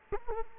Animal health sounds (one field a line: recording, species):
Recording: mosquito wingbeat signal from an infrared sensor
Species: Culex quinquefasciatus